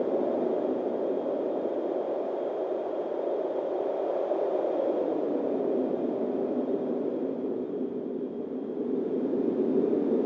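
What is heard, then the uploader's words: A steady, dense rush of wind, low and muffled, with a faint thin whistle above it and no distinct gusts over ten seconds. Cold and Calming Wind.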